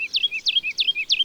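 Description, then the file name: Woodlark song fragment: four quick repeated notes, each a high slur sliding down to a clear whistle. March. "Mars LAlouette lulu"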